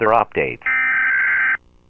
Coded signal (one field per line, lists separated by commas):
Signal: Emergency Alert System (SAME) tones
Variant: header bursts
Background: speech